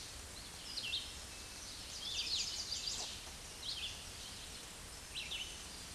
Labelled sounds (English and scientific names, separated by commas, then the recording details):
Red-eyed Vireo (Vireo olivaceus) song
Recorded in a Pennsylvania forest on 16 May 2024 at 07:41
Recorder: AudioMoth, point MSD-0475
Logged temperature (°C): 12.3 °C
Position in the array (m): 149 m, 29 m